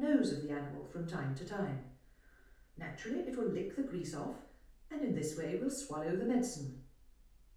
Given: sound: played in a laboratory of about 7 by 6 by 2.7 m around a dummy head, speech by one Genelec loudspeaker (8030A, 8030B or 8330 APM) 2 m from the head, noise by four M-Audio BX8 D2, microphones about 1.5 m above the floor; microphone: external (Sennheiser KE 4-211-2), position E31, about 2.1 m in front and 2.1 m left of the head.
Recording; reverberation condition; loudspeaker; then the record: female speech in English; medium; 90 degrees to the right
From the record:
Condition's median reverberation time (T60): about 510 ms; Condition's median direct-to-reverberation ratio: about -0.5 dB